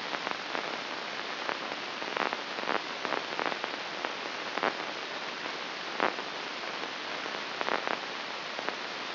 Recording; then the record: brain microelectrode recording played as sound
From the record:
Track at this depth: inside the subthalamic nucleus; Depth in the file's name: 3.228 mm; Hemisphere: left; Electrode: 2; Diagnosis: Parkinson's disease